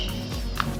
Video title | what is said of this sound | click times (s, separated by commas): SCSR Studios 265k Subscriber Video Jukebox 1300+ Videos on Random Rotation | The actual camera mount part is the cover and it should just snap into place. | 0.6 s